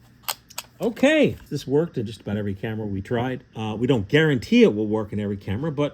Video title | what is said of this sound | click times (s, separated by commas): FPP 126 Film - Re-Loaded! | the pin will click into place it did | 0.3 s